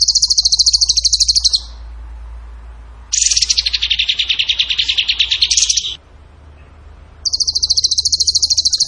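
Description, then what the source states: Bird trills in high, rapid bursts. The middle phrase is a longer, lower, rougher rattle lasting nearly three seconds, between two shriller trills. Masteran (training recording for songbirds), in the tembakan gacor song style.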